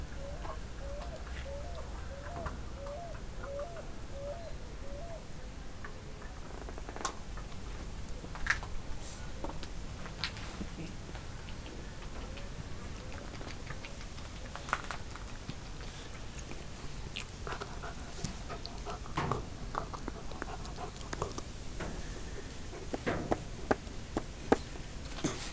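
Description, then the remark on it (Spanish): A puppy thumps its tail on the floor in irregular soft knocks, gnaws and chews on a bone with crunchy clicks, and sniffs the microphone in short breathy bursts, with faint chirping birds in the background. “Y pasa que el cachorro este mueve la cola y la golpea sobre el piso. Y juega con un hueso. Y olfatea el micrófono.”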